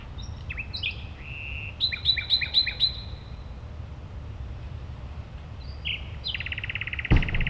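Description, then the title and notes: Common nightingale singing a pure whistled note, then a quick series of repeated sharp notes, later a fast rattling trill, with low background hum. Singing at a playground on Gartenstraße, Mitte, Berlin, Germany. "Mitte, Berlin, Germany - nachtigall in der gartenstraße. eine nachtigall am spielplatz gartenstraße, a nightingale at playground, gartenstraße"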